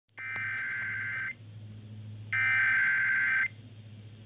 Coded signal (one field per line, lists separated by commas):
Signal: Emergency Alert System (SAME) tones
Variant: header bursts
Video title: Tornado Warning on WWPW (EAS #207)